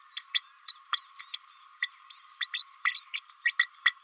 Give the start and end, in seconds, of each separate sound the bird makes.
0.17-0.23, 0.34-0.42, 0.68-0.73, 0.92-1.00, 1.19-1.29, 1.34-1.41, 1.82-1.89, 2.10-2.16, 2.40-2.47, 2.53-2.63, 2.85-3.03, 3.14-3.20, 3.45-3.53, 3.59-3.68, 3.85-3.93